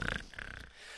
The sound of snoring.